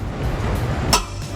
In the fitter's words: Okay, we'll just keep tightening until we hear that click.